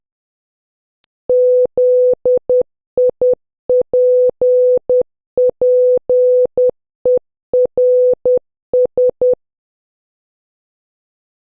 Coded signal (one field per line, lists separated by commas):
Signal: Morse code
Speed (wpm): 10 wpm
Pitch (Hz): 500 Hz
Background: none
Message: ZIPPERS